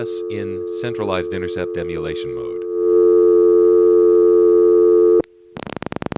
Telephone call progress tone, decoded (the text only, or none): dial tone